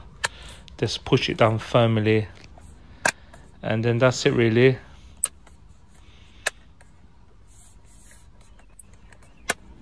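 The plastic bottom cover of an HP ProBook 450 G5 laptop is pressed down firmly around its edges so its clips snap into the chassis, while someone talks at the start. Sharp clicks of the cover seating sound at 5.2, 6.5 and 9.5 seconds, with a few fainter ticks in between. The cover ends up fully clipped on and secured.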